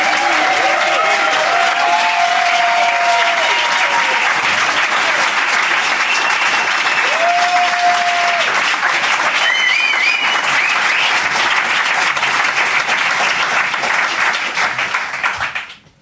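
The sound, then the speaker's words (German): A seated studio audience at a radio broadcast, asked to applaud so radio listeners can hear them, breaks into loud, sustained applause, a dense wash of clapping with a few whistles cutting through, holding steady for about fifteen seconds before quickly fading out. “Aber jetzt darf ich vielleicht einmal das Publikum, das hier sitzt, bitten, ordentlich zu applaudieren, damit die Leute im Radio Sie hören können.”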